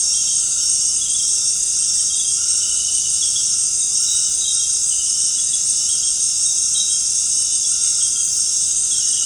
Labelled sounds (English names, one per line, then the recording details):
none
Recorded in secondary vegetation near Puerto Asís, Putumayo, Colombia, on 19 March 2025 at 18:30
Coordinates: 0.502, -76.326
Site G100